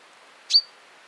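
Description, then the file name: Common chaffinch call: a single short, sharp metallic note with a brief ringing tonal tail, against a quiet steady hiss. "Fringilla coelebs"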